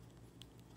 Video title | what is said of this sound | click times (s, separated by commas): TMNT BSTAXN Raphael Review | and now that snapped right in the place so there we go it looks a lot better | 0.4 s